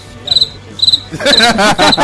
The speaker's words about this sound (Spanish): A ver, el grillito, mátamelo. Písalo. Písamelo.